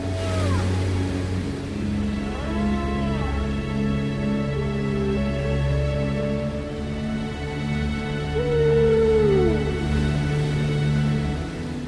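Whale calls: several tonal rising and falling sweeps and moans, with a longer, louder cry near the end, over a steady low drone.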